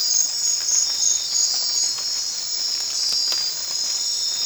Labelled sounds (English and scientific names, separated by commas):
none